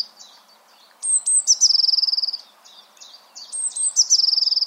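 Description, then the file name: Eurasian blue tit giving two call phrases, each a few sharp high notes leading into a quick, even trill. "Cyanistes caeruleus"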